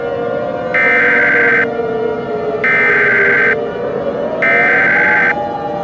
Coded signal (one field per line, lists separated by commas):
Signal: Emergency Alert System (SAME) tones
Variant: header bursts